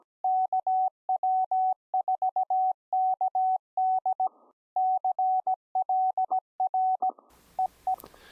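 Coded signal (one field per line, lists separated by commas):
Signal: Morse code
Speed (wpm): 17 wpm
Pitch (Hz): 750 Hz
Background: none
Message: KW4KD CLR EE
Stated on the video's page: CW from a home-brew SDR transceiver using a Tayloe mixer with QUISK and FLDIGI software.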